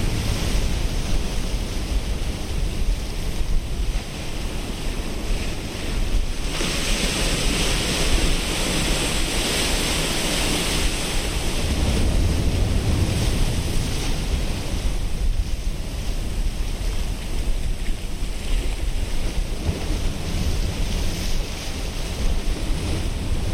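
Waves wash in a continuous, dense rush with strong low rumble throughout, swelling slightly around seven to ten seconds and again near twelve seconds. Gusts of wind buffet the microphone, adding a rough low roar under the hiss of the water.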